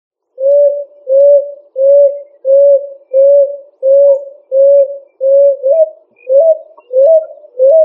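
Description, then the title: Pigeon cooing: a steady run of about eleven low, soft coos, each roughly half a second long, repeated evenly with short gaps and no other sounds. "Columbidae Pomba"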